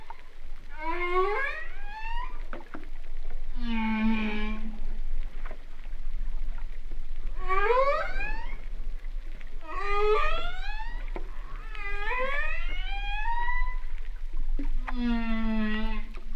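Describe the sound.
Humpback whale song: a series of rising, harmonic whoops alternating with low, steady moaning tones, several upsweeps in succession, with continuous low background rumble.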